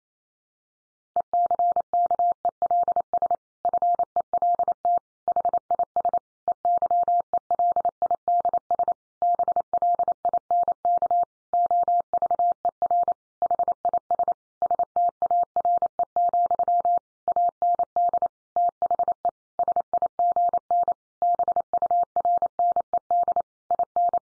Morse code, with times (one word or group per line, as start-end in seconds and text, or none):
1.2-3.4 ECKELS
3.6-5.0 FELT
5.3-6.2 HIS
6.5-8.9 EYELIDS
9.2-11.2 BLINK
11.5-13.1 OVER
13.4-14.3 HIS
14.6-17.0 STARE,
17.3-18.3 AND
18.6-19.3 THE
19.6-20.9 SIGN
21.2-23.4 BURNED
23.7-24.2 IN